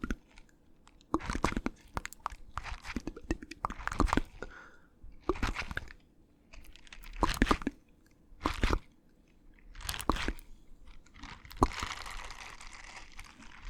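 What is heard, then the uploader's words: Mouth sounds arrive as a string of short, crisp crunches and wet clicks, one every second or so. Each burst spans low to very bright tones, with quiet gaps between them. The last couple of seconds turn into a softer, continuous bright hiss. Super Tingly Mouth Sounds.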